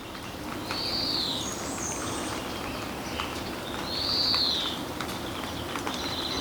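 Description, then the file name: European greenfinch calls: two long, nasal wheezes that swell and then fall away, about three seconds apart. "Chloris chloris"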